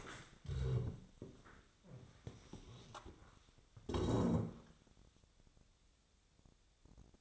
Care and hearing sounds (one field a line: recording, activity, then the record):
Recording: daily activity, microphone in the room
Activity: stand up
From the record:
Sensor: 3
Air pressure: 1000.4 hPa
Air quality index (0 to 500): 172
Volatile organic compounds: 3 ppm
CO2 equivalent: 1502 ppm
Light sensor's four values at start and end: 13/29/12/13 and 13/29/12/13